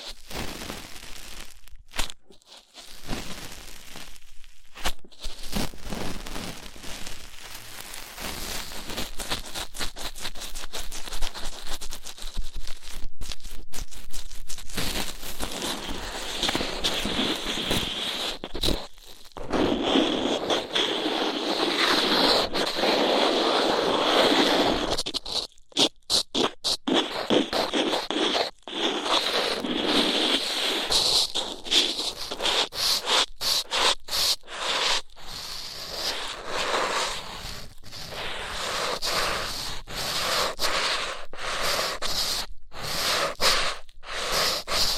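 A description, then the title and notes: Rough ear cleaning, a dense, crackly rubbing and scratching that goes on without stopping for the whole 45 seconds. The scraping comes in quick irregular strokes with short gaps, and it is harshest and loudest in the middle, from about 15 to 30 seconds. ASMR Rough Ear Cleaning (No Talking).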